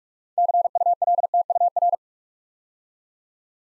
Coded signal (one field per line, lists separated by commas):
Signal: Morse code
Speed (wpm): 44 wpm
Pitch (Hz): 700 Hz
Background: none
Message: CULTUR